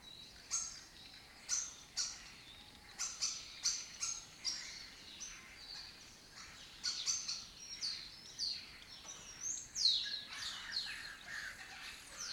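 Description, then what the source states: Lesser kestrel calls, harsh, scratchy notes repeated in quick irregular bursts, in high chattering phrases. Colony in an abandoned building complex in Doñana, southern Europe; migratory raptor that forages in West Africa and breeds in southern Europe.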